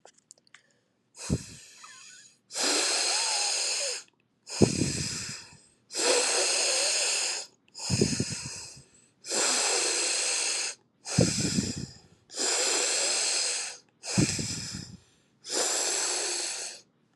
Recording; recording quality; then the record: deep breathing; excellent, no background noise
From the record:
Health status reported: healthy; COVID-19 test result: negative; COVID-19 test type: RT-PCR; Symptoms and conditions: cold, sore throat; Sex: female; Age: 35 years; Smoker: no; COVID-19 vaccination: both doses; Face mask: not worn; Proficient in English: yes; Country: United States